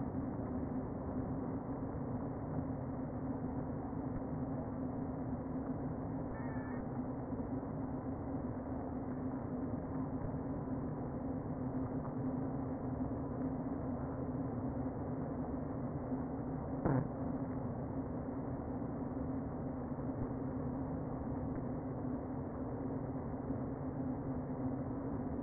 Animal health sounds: honeybee colony, microphone inside the hive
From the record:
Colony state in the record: queen present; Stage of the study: before two queens were removed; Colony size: about 60,000 bees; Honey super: yes

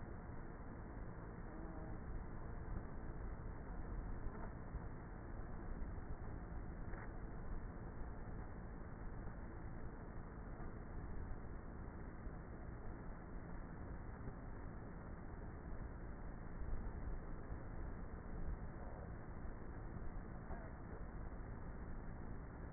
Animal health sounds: honeybee colony, microphone inside the hive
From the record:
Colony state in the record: queenless with a low population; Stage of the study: before two queens were removed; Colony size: about 30,000 bees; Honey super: no

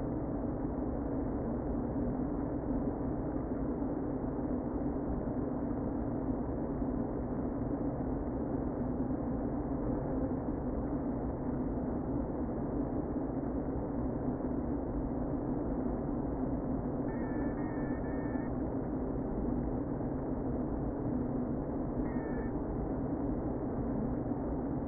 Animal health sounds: honeybee colony, microphone inside the hive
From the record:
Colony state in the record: queen present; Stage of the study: before two queens were removed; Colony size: about 60,000 bees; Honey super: yes

